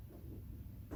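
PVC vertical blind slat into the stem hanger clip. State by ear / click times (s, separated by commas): not seated / none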